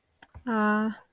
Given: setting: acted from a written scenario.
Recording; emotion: vocal sound without words; romantic love